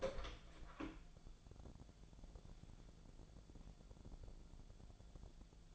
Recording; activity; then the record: daily activity, microphone in the room; open door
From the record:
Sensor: 5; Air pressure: 1000.5 hPa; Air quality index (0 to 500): 151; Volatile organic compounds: 2 ppm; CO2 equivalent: 1166 ppm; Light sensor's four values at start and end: 48/112/47/50 and 48/112/46/50